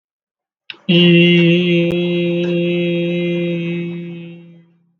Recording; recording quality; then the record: sustained vowel as in beet; excellent, no background noise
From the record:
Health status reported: healthy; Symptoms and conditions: none ticked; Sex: male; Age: 22 years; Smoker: not ticked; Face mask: not worn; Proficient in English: yes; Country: India